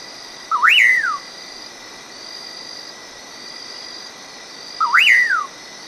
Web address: cantos curiango